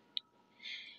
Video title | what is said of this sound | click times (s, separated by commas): Cricut maker 3 everything bundle | then you just snap your topper piece back on and | 0.2 s